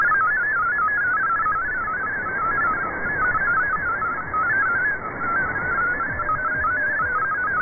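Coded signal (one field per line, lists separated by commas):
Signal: multi-tone FSK (Olivia or MFSK type)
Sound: rapid warbling single tone hopping between many pitches, like a fast random melody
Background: radio static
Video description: Radiogram from WINB, Fri 02:45UTC, 9265KHz. AirSpy Discovery + home made MagLoop + SDR# + FLDigi.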